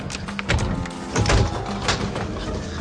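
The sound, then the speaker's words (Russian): A third-floor apartment door is unlocked and pulled open for the police: a few heavy clunks and scraping rattles, with louder bursts around the middle, over a low steady hum. “Открываем дверь! Да, я открываю!”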